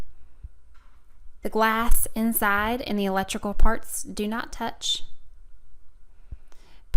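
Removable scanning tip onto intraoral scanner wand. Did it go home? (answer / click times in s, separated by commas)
yes / 6.9 s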